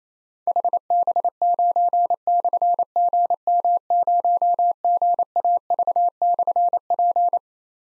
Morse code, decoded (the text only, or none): HB9/GM0GAV/P